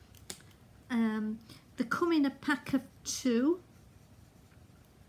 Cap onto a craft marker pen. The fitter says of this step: make sure when you've done this always put your top straight back on and you will hear them click